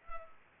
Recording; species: mosquito wingbeat signal from an infrared sensor; Culex pipiens